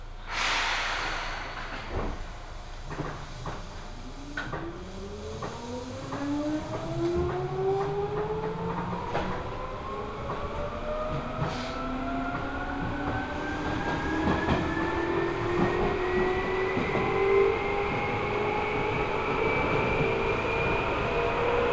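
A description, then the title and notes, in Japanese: A Seibu Ikebukuro Line local train pulls away, its motor whine rising steadily in pitch as it picks up speed over about twenty seconds. Rhythmic clacks from the wheels on rail joints tick through the whole clip, growing quicker, over a low rumbling hum. 西武池袋線普通 池袋→清瀬。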